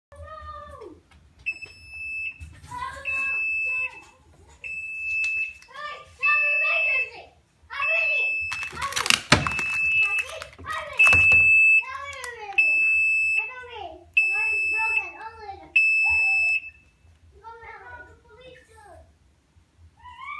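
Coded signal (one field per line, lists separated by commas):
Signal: beep code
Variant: Fujidenzo washing machine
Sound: a high steady beep repeating about every 1.5 seconds, roughly nine times, with talking over it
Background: speech, small room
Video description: this is how its sound notifies you when the program set is done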